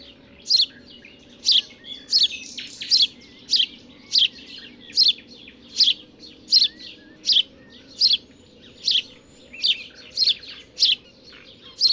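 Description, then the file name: House sparrow calling with a long run of sharp chirps, around one or two per second. "Passer domesticus"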